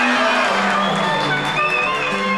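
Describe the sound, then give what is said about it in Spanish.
An audience cheers and applauds the host at the start of the Trastorno Tripolar show, loudly for a couple of seconds, a dense steady wash of clapping mixed with whoops and raised voices at several pitches. “Un fuerte aplauso para mí porque yo lo merezco.”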